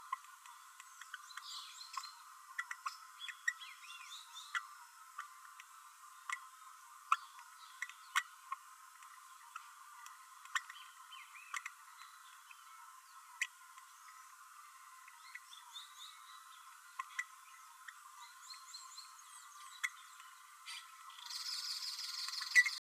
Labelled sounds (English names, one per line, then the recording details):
Green-rumped Parrotlet babbling
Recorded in a nest box in Venezuela
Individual 18B12A3